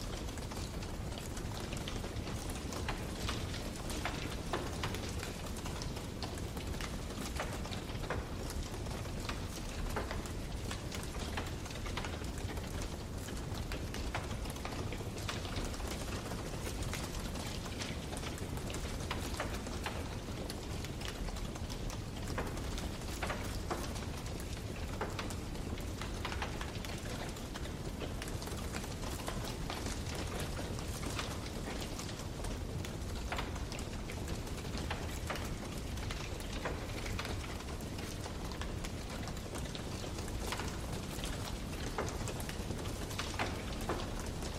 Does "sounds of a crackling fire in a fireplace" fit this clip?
yes